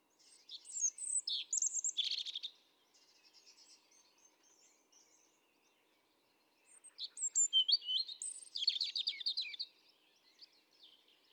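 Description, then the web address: European robin singing two tumbling, high phrases of twitters and trills, with soft thin notes filling the gap between them. Recorded 31 July 2017. "SETE data Erithacus rubecula"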